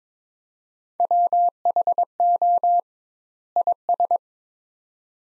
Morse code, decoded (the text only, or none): WHO IS